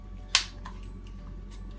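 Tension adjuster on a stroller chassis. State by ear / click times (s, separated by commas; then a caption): seated / 0.3 s. The three-position tension adjuster on an Emmaljunga Edge Duo Classic stroller chassis is moved to tighten a loose chassis and snaps into place with a sharp, loud click at 0.4 s, followed by a fainter tick at about 0.7 s over a quiet background. The adjuster is seated.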